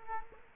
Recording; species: mosquito wingbeat signal from an infrared sensor; Culex quinquefasciatus